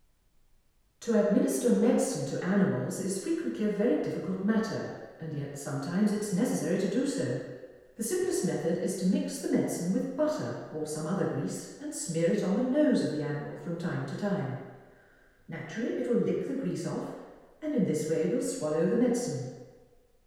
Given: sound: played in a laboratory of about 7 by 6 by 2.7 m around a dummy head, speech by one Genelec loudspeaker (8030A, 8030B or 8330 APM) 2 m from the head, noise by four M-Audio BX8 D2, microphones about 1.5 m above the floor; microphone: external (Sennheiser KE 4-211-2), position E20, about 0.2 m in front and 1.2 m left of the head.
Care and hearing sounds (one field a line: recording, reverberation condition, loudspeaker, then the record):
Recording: female speech in English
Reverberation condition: high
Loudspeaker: 150 degrees to the right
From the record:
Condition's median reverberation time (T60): about 1300 ms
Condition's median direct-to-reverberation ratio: about -4.0 dB